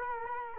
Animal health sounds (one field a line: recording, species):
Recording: mosquito wingbeat signal from an infrared sensor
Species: Culex quinquefasciatus